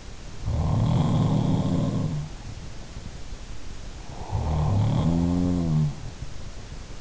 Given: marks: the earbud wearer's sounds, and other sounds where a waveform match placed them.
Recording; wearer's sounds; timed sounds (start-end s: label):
sounds in sleep by an in-ear microphone; breath
0.37-2.60 s: sound from someone else or the room
0.56-2.04 s: breath
3.89-5.41 s: breath
4.06-6.20 s: sound from someone else or the room